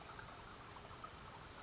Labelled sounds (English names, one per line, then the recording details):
California Towhee
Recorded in Sonoma County, California